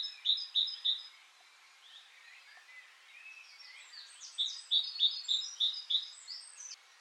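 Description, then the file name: Great tit singing a bright repeated phrase in two bursts, with softer chirps between them. "Parus major"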